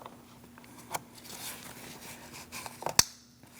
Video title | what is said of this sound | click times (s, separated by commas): How to Replace Air Filter 2012-2020 Chevrolet Sonic 1.8L L4 | Make sure you hear that click and then you're going to push down on this red lock | 3.0 s